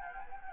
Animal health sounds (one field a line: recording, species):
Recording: mosquito wingbeat signal from an infrared sensor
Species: Anopheles gambiae